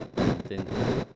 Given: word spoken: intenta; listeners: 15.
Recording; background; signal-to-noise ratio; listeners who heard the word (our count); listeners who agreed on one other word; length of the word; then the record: one Spanish word in noise, from a listening test; noise modulated by one talker; -11.7 dB; 0 of 15; 7 of 15; 0.76 s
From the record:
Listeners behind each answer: 7, 2, 2, 1, 1, 1, 1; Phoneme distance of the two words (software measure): 10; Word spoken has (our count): 3 syllables, 7 phonemes, stress on syllable 2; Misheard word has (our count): 3 syllables, 7 phonemes, stress on syllable 2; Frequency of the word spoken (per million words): 37.13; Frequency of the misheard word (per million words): 62.16